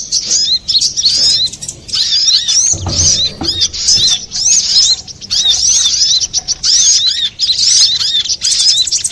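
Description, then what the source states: Little spiderhunter song: rapid, high, sharp chirping notes that run almost continuously, broken by brief pauses, with a soft low thump near the third second. Master recording used for training cage birds.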